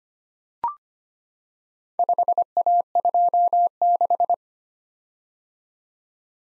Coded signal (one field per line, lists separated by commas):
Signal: Morse code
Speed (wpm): 25 wpm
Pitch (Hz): 700 Hz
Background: none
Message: 5A26